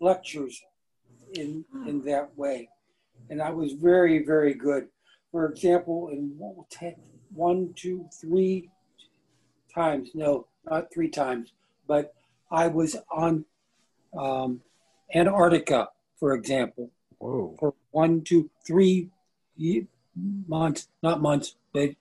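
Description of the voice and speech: A man speaks in short, halting phrases with long pauses, stretched sounds and repeated self-corrections such as "three times, not three times" and "months, not months." These word-finding errors and restarts fit aphasia after a stroke about two years earlier.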